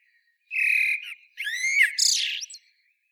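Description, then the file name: Common blackbird giving a phrase of a sustained warbled whistle, a rising slurred note, then a harsh, high squealing flourish; otherwise quiet. "Turdus merula"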